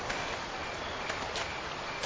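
A waterfall: a steady, unbroken rush of water pours on at an even level, a broad hiss of falling, churning water with no voices or other sounds.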